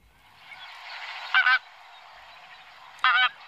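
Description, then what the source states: Greater flamingo flight calls, two short harsh goose-like honks over a soft hissing background. Played back; heard on summer nights, flying overhead in the dark.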